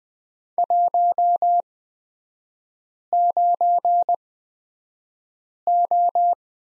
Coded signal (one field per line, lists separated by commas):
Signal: Morse code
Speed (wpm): 20 wpm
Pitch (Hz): 700 Hz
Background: none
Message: 19O